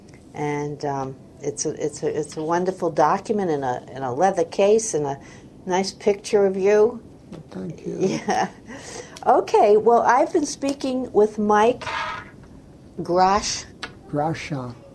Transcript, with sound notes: And um it's a it's a it's a wonderful document in a in a leather case and a nice picture of you.
Thank you.
Yeah. (laughs) Okay well I've been speaking with Mike Gras -
Grasha.